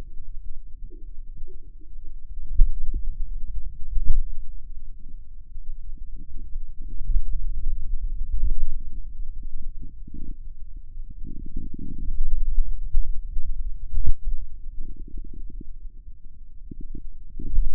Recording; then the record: forearm muscle sounds (acoustic myography)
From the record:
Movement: pen grasping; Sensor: system 2, bracelet of six BSWA MPA416 microphones around the upper forearm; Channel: 5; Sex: male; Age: 22 years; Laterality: right